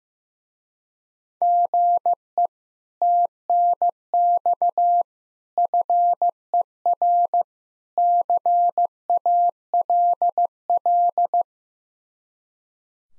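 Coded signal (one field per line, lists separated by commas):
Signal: Morse code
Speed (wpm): 15 wpm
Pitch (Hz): 700 Hz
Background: none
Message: GE TNX FER CALL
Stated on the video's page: Morse code speed-racing drill of common QSO phrases, starting fast and slowing to a 15 wpm base speed.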